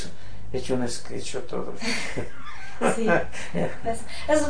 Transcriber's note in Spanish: risas